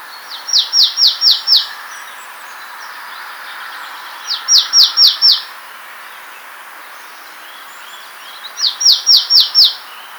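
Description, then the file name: Marsh tit giving three bursts of about five fast, descending notes, repeated roughly every four seconds. "Poecile palustris"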